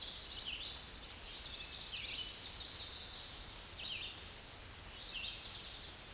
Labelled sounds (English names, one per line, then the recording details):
Red-eyed Vireo song
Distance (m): 30 m
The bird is about 5 m above the microphone
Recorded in a Pennsylvania forest on 16 May 2024 at 07:49
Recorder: AudioMoth, point MSD-0475
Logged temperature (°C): 12.3 °C
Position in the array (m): 150 m, 27 m